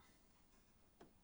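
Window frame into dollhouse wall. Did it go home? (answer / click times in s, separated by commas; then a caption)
no / none. A plastic window frame is being handled and pressed toward the wall of a model dollhouse, with a low, steady background and one faint, short tick near 1.0 s. The frame has not seated or clicked into place yet.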